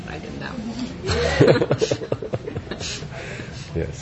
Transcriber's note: laughter